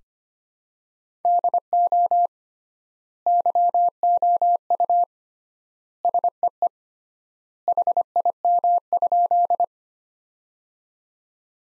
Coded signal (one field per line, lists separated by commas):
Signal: Morse code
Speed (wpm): 25 wpm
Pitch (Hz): 700 Hz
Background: none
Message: DO YOU SEE HIM?